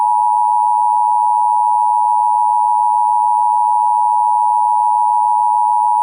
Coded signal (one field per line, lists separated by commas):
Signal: Emergency Alert System (SAME) tones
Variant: 853 and 960 Hz attention tone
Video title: EAS Scenario: Irradiated Independence (Part II)